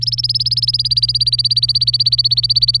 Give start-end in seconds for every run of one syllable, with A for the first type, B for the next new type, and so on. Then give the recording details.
0.02-2.80 A. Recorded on 25 April 2018 at 11:54. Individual llb3